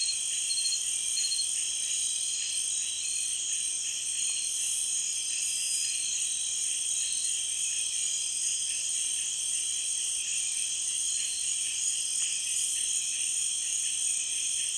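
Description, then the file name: Insect chorus forming a continuous layered high drone of several steady trilling bands, with faint irregular pulses throughout. Chorus recorded in Peru. "Frog and insect chorus Peru"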